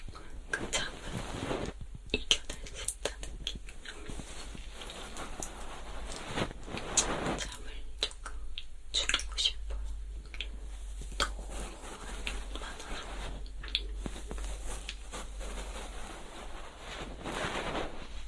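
Ear cleaning with a feather pick: soft brushing and scratching sounds sweep in and out, with denser swishes around 1–2, 7 and 17 seconds. Small crisp clicks and ticks are scattered throughout over a faint steady low hum.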